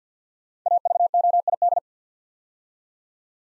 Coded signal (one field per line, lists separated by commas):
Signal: Morse code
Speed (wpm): 51 wpm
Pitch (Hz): 700 Hz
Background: none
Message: AVOID